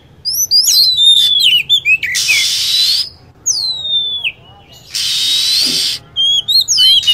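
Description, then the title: Lovebird giving shrill chirps that sweep down in pitch, in quick bursts, broken by two long loud hissing bursts of noise. Lure sound played to attract lovebirds. "PIKAT BURUNG LOVEBIRD"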